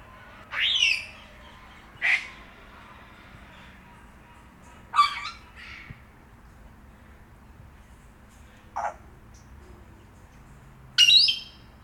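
Grey parrot calls: five short harsh calls spaced irregularly, with a low background hum.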